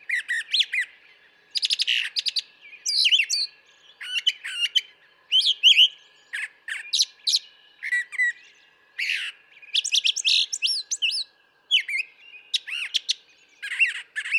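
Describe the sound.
Brown thrasher singing a long run of varied phrases of buzzy, whistled and chattering notes, with short pauses between them.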